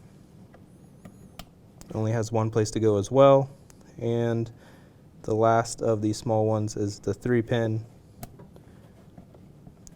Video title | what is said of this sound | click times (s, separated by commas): Torex UTV Tips and Tricks | all clicked in so | 8.2 s, 9.9 s